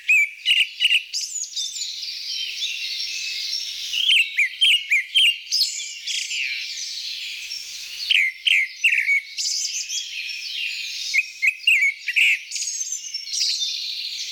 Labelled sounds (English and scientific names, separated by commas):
Grey-backed Thrush (Turdus hortulorum) song